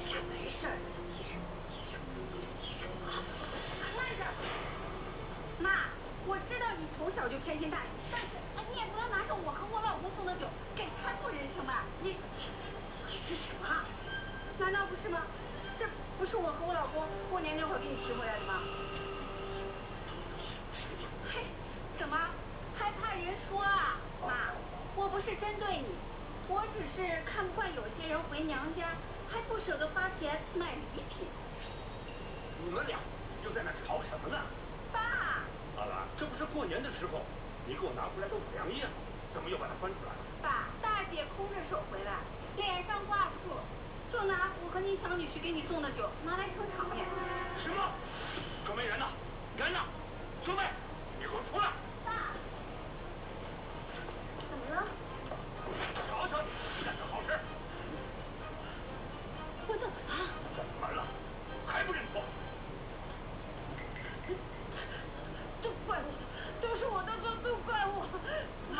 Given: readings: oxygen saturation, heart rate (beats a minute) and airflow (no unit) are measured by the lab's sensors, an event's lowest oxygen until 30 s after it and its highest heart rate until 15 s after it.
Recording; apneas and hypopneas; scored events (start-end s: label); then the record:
a person awake in a sleep study, by a voice recorder at the bedside; none
0.00-68.80 s: awake
From the record:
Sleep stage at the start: awake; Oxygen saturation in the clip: 92 to 94%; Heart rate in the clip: 56 to 65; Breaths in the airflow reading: 21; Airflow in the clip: -6.0 to 6.1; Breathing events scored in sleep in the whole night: 476 in 9.7 hours asleep